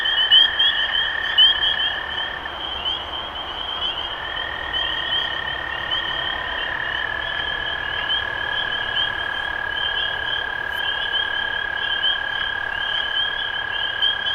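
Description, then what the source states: Spring peeper chorus of soft rising peeps over a long steady tone. Recorded 23 March 2012.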